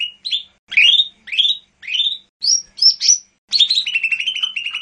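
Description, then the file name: Lesser green leafbird song: a run of sharp upslurred whistles, each under half a second, ending in a rapid, chattering trill held near one pitch. "audio-cucak-hijau-mini-1-omkicau"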